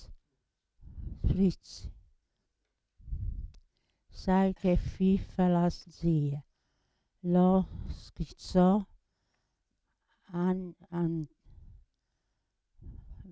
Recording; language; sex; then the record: read passage; Italian; female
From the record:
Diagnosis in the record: Parkinson's disease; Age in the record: 80 years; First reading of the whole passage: 169 s, 3.1 characters per second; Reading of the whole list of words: 101 s, 2.8 characters per second